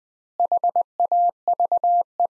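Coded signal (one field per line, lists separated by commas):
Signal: Morse code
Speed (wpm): 20 wpm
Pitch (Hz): 700 Hz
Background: none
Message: HAVE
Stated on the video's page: Morse practice at 20 wpm: sentences from the top 100 words, sent with 4x standard word spacing, a word-level analogue of Farnsworth spacing.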